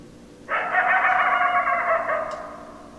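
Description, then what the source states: Coyote howl: one raspy, sustained howl starting suddenly, holding steady pitch for about one and a half seconds, then tapering off. Several coyotes, 10 December 2012.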